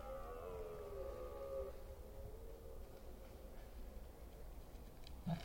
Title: Red Deer Rut - Forêt d'Orleans, France